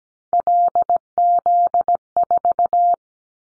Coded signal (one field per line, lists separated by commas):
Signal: Morse code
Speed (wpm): 17 wpm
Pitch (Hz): 700 Hz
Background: none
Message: LZ4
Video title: Callsign Prefixes for Top 25 DXCC 17wpm